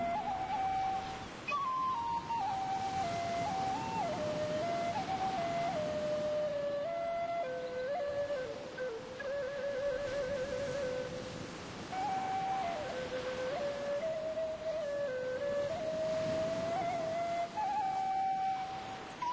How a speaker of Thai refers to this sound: พลันหูก็แว่วเสียงขลุ่ยเพียงอทีแรกนึกว่าลอยลมมาจากไหนแต่เงี่ยฟังอึดใจเดียวก็รู้ว่ามาจากในห้องพัก